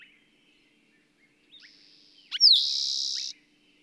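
Bird song: soft high whistles and a thin buzzy note lead into a sharp downslurred note and a loud, harsh buzzing trill.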